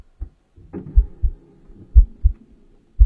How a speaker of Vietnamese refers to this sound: Thậm chí, An Nùng còn mơ hồ nghe thấy cả nhịp tim của mình đập thình thịch ở trong lồng ngực.